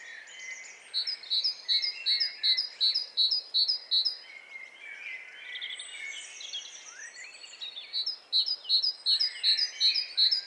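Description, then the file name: Great tit sings a fast series of bright, metallic note pairs, pauses while other birds call and trill, then repeats the pattern. "Parus major"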